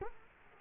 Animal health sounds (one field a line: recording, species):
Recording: mosquito wingbeat signal from an infrared sensor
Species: Culex quinquefasciatus